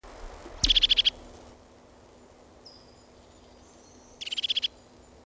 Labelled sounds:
European Crested Tit (Lophophanes cristatus) call
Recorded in the wild
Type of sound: call
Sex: male
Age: adult
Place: Detmold, OT Hiddesen, Teutoburger Wald, Nordrhein-Westfalen, DE
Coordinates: 51.9272, 8.80583
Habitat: pond
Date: 1967
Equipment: Uher 4000 Report-S, Bändchenmikro Beyer M 260, Parabolspiegel Polyester (470 mm)
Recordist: Conrads, Klaus
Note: NSG Donoper Teich bei Detmold. Männchen: Rufe. Keine genaue Datumsangabe: März 1967

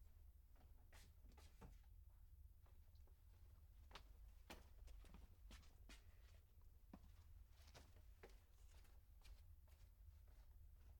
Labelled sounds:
More-modest Plump Bush-cricket (Isophya modestior) stridulation
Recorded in captivity
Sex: male
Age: imago
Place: Gabrce, Divaca, Kras, SI
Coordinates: 45.6975, 14.03
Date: 2010-07-01 10:01
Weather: 26°C
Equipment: Fostex FR2-LE, Sennheiser MKH 40 P48
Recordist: Frommolt, Karl-Heinz
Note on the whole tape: Isophya modestior, collected as sixth instar nymph (N6), 03.06.2011 Slowenien, Distrikt Divaca, Gabrce, leg. Gerlind U.C. Lehmann and Arne W. Lehmann, specimen in coll. AW Lehmann. Song. Sound recordings were done in anechoic chamber. The light was off clock 9:45. Distance from microphone 30 cm

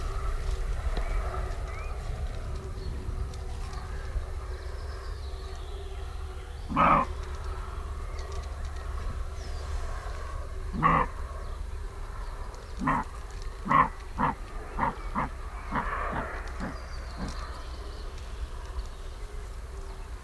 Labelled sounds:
Western Roe Deer (Capreolus capreolus) barking
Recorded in the wild
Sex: male
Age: adult
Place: Parsteiner See, Barnim, Brandenburg, DE
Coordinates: 52.9628, 13.99
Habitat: field
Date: 2006-05-01 20:25
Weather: fair, 12°C, weak to moderate winds
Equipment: Marantz PMD 660, Sennheiser MKH 70, Windkorb
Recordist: Frommolt, Karl-Heinz

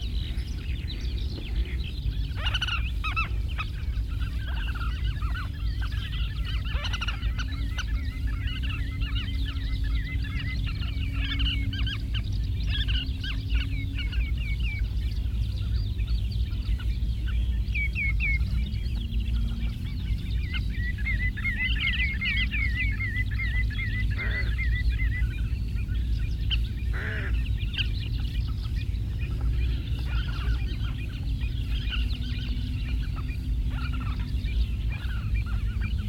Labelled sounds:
Collared Pratincole (Glareola pratincola) call
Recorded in the wild
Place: Istria, Dobrogea, RO
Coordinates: 44.483, 28.811
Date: 1973-04-24
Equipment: Nagra III BH, Sennheiser MD 21, parabola
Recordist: Schubert, Michael

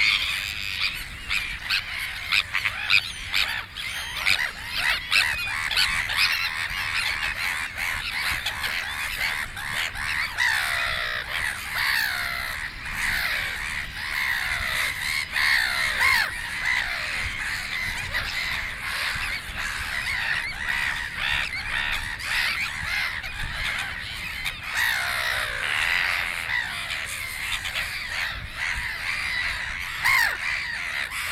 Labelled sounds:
Sandwich Tern (Thalasseus sandvicensis) call
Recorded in the wild
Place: Langenwerder, Mecklenburg-Vorpommern, DE
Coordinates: 54.027, 11.493
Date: 1969-06-07
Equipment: Nagra III BH, 2 Sennheiser MD 421, Kabel
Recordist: Schubert, Michael

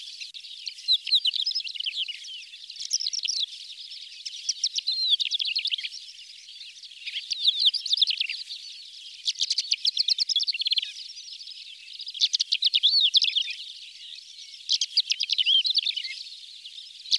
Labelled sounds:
Greater Short-toed Lark (Calandrella brachydactyla) song
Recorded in the wild
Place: Kalmückensteppe bei Senseli, RU
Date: 2006-05-18
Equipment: MiniDisc Sharp MT 20 H
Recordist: Schwarz, Dieter

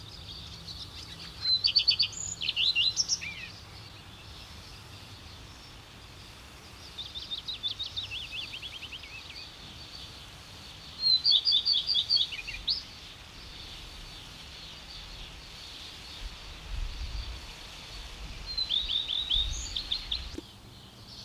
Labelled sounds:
Common Redstart (Phoenicurus phoenicurus) song
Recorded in the wild
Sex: male
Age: adult
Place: Schloß Holte-Stukenbrock, Senne, Nordrhein-Westfalen, DE
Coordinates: 51.8667, 8.66667
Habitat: farm
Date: 1973-05-27
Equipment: Uher 4200 Report Stereo, Bändchenmikro Beyer M 260, Parabolspiegel Polyester (600 mm)
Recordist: Conrads, Klaus
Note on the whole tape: Hof Stockhausen (Furlbach-Gebiet). Männchen: Imitationen in folgender Reihenfolge: Ortolan, Fitis, Schwarzspecht, Fitis, Buchfink ("pink"), Ortolan, Schwanzmeise ("zrr"), Schwarzspecht ("kliüh"), Buchfink ("pink") und Ortolan

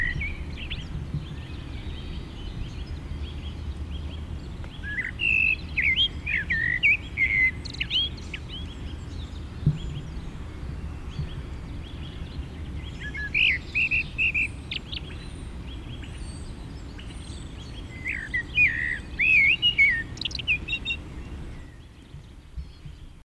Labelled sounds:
Common Blackbird (Turdus merula) song
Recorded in the wild
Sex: male
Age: adult
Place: Garmisch-Partenkirchen, Bayern, DE
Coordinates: 47.4928, 11.0753
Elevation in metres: 705
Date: 1969-04-13
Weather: Schneefall
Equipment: Uher 4000 Report
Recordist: Tretzel, Erwin

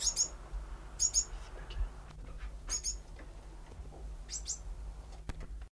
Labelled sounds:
Gouldian Finch (Erythrura gouldiae) call
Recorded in captivity
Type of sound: call
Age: immature
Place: Zoo Frankfurt, Hessen, DE
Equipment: Halbspur 19 cm
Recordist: Lütgens, Hans
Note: 3wöchiges Junges

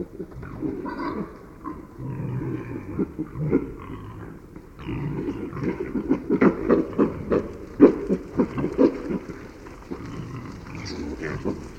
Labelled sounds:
Wild Boar (Sus scrofa) call
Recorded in the wild
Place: Schorfheide, Brandenburg, DE
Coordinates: 52.907, 13.531
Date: 1989-11-01
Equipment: Nagra III BH, Sennheiser MD 21, parabola
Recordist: Schubert, Michael

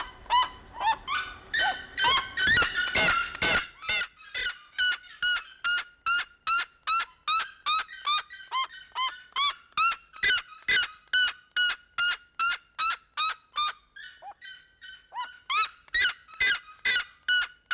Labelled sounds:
Black-legged Seriema (Chunga burmeisteri) call
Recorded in captivity
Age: adult
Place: Zoo Berlin, Berlin, DE
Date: 1992-12-05 11:29
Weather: schwach sonnig, ca. 4°C
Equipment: Marantz CP 430, Sennheiser ME 80, Kopie Tesla B 116
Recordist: Tembrock, Günter

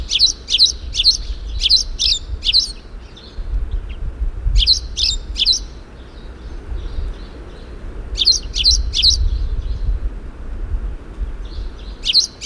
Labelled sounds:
Spanish Sparrow (Passer hispaniolensis) call
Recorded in the wild
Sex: male
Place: Albesti, Transilvania, RO
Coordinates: 46.258, 24.86
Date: 1973-04-29
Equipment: Nagra III BH, Sennheiser MD 21, parabola
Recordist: Schubert, Michael
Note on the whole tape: Weidensperling Männchen, sehr starke, in die Ferne gerichtete Rufe, 2 Aufnahmen

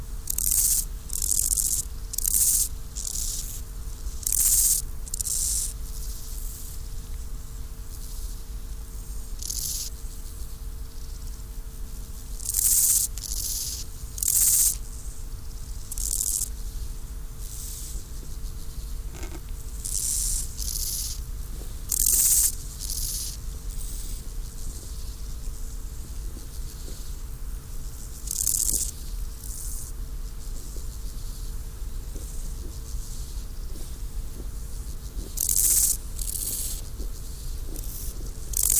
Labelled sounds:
Steppe Grasshopper (Chorthippus dorsatus)
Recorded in the wild
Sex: male
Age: imago
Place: Mühlenbeck, Brandenburg, DE
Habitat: Feuchtwiese
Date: 1997-08-31 15:05
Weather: 24°C, sonnig
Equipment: Sony MD-WM MZ-R3, Sennheiser ME 80, K 30 AV, Kopie Uher 4000 Report Monitor
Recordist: Tembrock, Günter

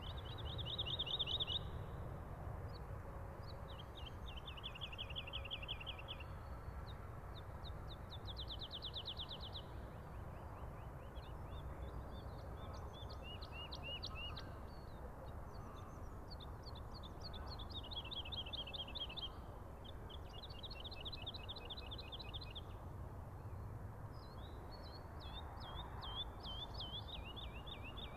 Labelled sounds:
Wood Lark (Lullula arborea) song
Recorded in the wild
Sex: male
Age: adult
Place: Schönow, Naturpark Barnim, Brandenburg, DE
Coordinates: 52.6815, 13.501
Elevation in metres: 63
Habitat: meadow
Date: 2014-03-02
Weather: sunny, 2-3°C, almost no wind
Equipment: Sound Devices 702, Sennheiser MKH 70, Rycote Windschutz
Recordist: Frommolt, Karl-Heinz

